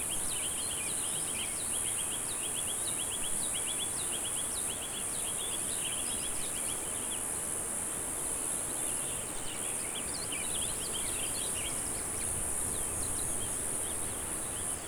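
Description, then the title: Cicada chorus in a constant shrill buzz, with many short bird chirps repeating through it. "neoscenes: cicadas"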